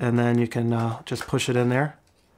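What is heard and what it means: An FZ100 rechargeable battery is being pushed into the bottom battery compartment of a Sony A7C mirrorless camera, which has a blue release tab. Someone talks for about two seconds, then the clip goes nearly silent. Nothing has seated or clicked yet.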